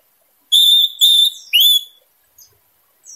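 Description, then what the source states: Orange-headed thrush song: three loud, clear whistled notes in quick succession, the last one rising, followed by faint soft notes. Singing intensely; song style described as 'teler' and 'gacor dor'.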